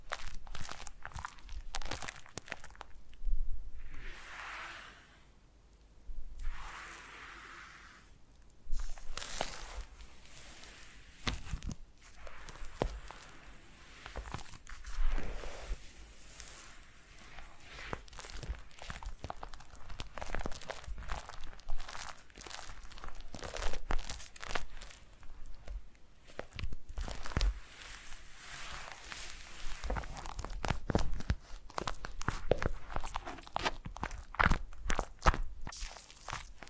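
Foam being rubbed and squeezed in a massage, giving a rough, crunchy, crinkling texture of quick scrapes and squeaks. The sound comes in irregular dense bursts throughout, with slower, softer swishing strokes near the start and busier, sharper rubbing after about twenty-five seconds.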